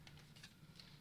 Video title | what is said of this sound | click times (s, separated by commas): Episode 21 - Unboxing MSN-04II Nightingale | so all the funnels kind of click into place and you could sort of move | 0.1 s, 0.8 s